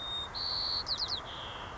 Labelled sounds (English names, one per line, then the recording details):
White-crowned Sparrow
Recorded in Sonoma County, California